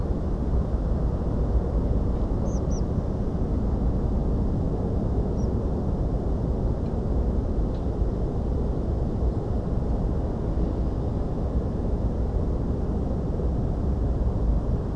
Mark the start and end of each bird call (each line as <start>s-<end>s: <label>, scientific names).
2.45s-2.80s: Anthus trivialis
5.37s-5.46s: Anthus trivialis